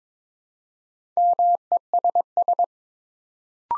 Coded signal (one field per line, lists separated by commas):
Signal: Morse code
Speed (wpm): 22 wpm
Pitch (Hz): 700 Hz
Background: none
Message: MESS